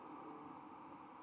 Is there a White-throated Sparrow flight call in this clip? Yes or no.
no